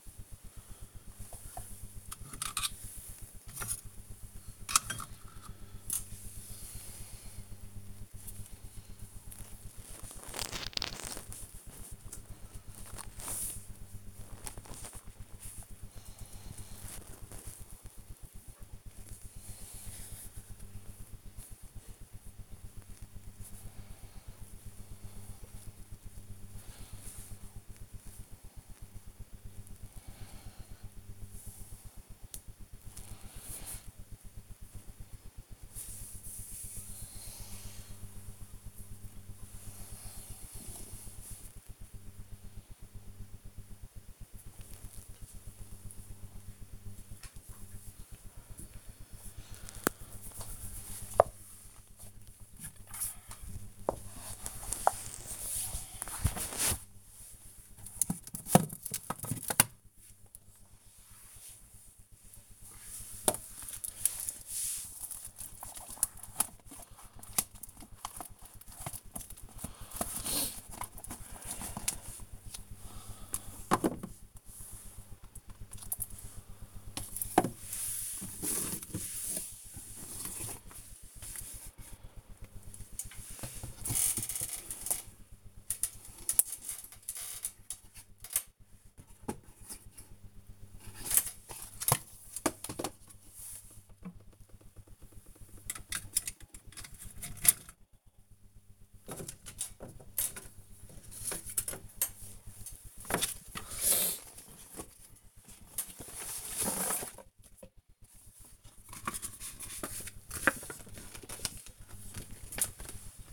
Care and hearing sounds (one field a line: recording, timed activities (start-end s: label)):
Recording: household activities, microphone on the right wrist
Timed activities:
0.00-13.69 s: tidy up the cupboard
53.86-113.33 s: tidy up the cupboard